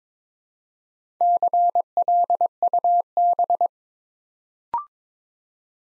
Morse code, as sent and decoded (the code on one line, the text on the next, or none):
-.-. .-.. ..- -...
CLUB